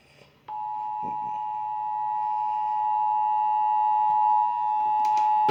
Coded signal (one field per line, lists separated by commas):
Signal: Emergency Alert System (SAME) tones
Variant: 853 and 960 Hz attention tone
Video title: AMBER Alert Texas and ENHANCED RISK OF SPC EAS Alerts From 3/14/24 (EAS#749 - #765)